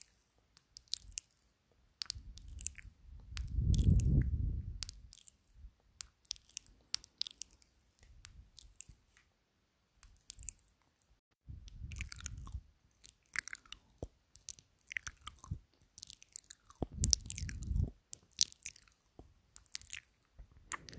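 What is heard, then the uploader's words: Wet mouth sounds, clicks, smacks and chewing-like crunches, run throughout, broken by three heavy, low breaths near four, twelve and seventeen seconds. Mouth Sounds with heavy breathing ASMR.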